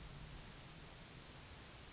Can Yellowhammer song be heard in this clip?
no